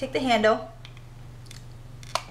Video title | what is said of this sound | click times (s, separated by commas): REVIEW ♡ TEMPTU AIRBRUSH SYSTEM (PT. 1) | put it in you hit that little click meaning it's already in push the handle down and that's it and it's already in | 2.1 s